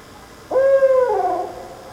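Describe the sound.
Owl hoot: one clear, steady note lasting roughly half a second, ending in a softer, slightly lower tail that trails off into quiet.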